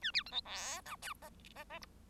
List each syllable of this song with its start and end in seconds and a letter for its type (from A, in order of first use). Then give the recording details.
0.02-0.11 A, 0.13-0.23 B, 0.26-0.31 C, 0.31-0.41 D, 0.44-0.81 E, 0.85-0.96 F, 1.01-1.13 G, 1.21-1.29 H, 1.55-1.64 H, 1.69-1.79 H, 1.81-1.86 I. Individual Bird1